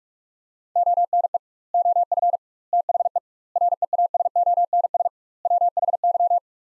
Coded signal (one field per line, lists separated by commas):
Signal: Morse code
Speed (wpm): 46 wpm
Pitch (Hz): 700 Hz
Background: none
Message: ONE OF THE REASONS WHY